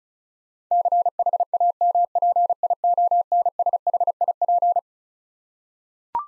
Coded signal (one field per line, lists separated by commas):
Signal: Morse code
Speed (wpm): 36 wpm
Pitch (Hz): 700 Hz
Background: none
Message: CHAMPIONSHIP